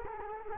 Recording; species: mosquito wingbeat signal from an infrared sensor; Culex quinquefasciatus